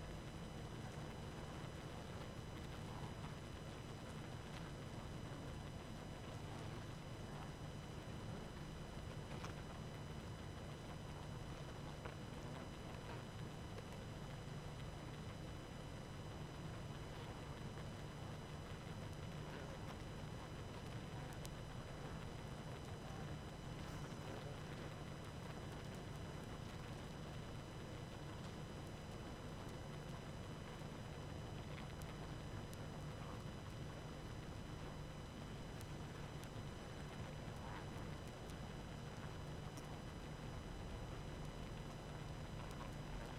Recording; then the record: honeybee colony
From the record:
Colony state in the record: active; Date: 12 June 2018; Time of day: 19:28